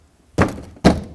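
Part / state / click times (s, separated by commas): door trim panel push clips into the door frame / not seated / none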